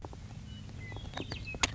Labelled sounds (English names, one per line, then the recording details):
Western Meadowlark
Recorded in Sonoma County, California